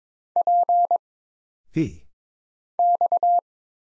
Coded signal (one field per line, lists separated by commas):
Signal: Morse code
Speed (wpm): 22 wpm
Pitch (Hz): 700 Hz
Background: none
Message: P X